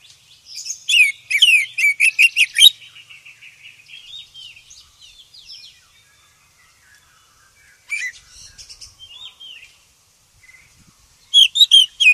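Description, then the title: Oriental magpie-robin song: loud bursts of sharp whistled notes mixed with softer warbling phrases, with pauses between outbursts. "KACER HITAM"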